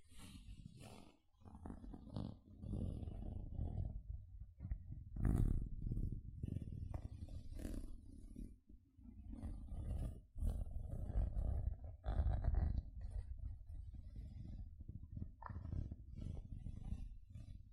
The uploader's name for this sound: Tingly Gentle Scratching Sounds